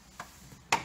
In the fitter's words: it locks in place easily in a few selected positions